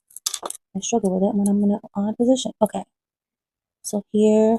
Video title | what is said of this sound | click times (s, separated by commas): Made A Custom Bracelet For Mom💐--Making A NEW Necklace With Me--CHIT-CHAT!!💕💗🌼 | see that other side didn't click correctly, but that's okay. | 0.3 s